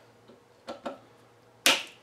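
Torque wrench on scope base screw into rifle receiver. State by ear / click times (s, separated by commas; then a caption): torque reached / 1.7 s. A torque wrench re-torques the third scope base screw into a rifle receiver to 25 in-lbs. Two faint ticks come at 0.7 and 0.9 s, then the wrench gives a sharp, loud click at 1.7 s, confirming the screw has reached its torque setting.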